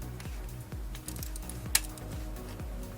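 Bolt number 2 on a camshaft cap of a Hyundai Elantra or Tucson is tightened with a click-type torque wrench set to 22 Nm, over a steady background of rhythmic music. A few small ticks are followed by one sharp, loud click at 1.8 s as the wrench reaches its setting, and bolt number 2 is confirmed torqued.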